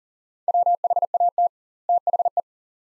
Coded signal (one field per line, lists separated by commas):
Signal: Morse code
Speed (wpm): 40 wpm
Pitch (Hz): 700 Hz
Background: none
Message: WHAT THE